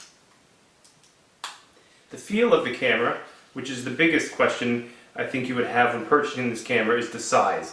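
An SD memory card that came with the camera is pushed into the card slot of a compact Sony a5100 mirrorless camera, popping right inside easily. After a faint tick at about 0.9 s, a sharp click at 1.4 s marks the card seated, though it may instead be the compartment door closing. Someone then talks for the rest of the clip.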